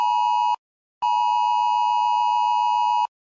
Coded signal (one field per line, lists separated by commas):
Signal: Emergency Alert System (SAME) tones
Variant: 853 and 960 Hz attention tone